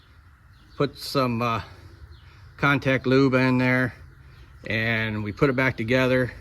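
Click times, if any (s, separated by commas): none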